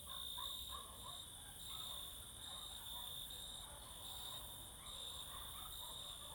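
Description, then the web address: Crickets sing a steady high trill, with dogs barking in short bursts in the background. Crickets singing close in summer fields in the evening and night, with dogs barking all around. "Sculp Tunes - Summer in the field - Crickets and Cicadas"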